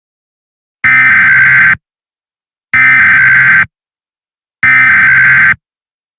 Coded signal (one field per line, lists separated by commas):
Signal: Emergency Alert System (SAME) tones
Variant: header bursts